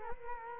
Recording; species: mosquito wingbeat signal from an infrared sensor; Culex quinquefasciatus